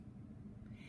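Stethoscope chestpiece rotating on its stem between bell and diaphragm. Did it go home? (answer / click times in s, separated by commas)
no / none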